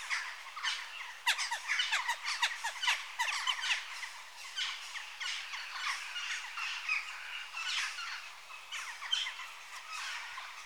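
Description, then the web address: Jackdaw flock chatter, many quick clipped chack notes tumbling over each other, loudest in the first four seconds and then softer and steadier. Adult birds. "BBC Sound Effects Library (Birds) Jackdaw (Corvus Monedula) Adults"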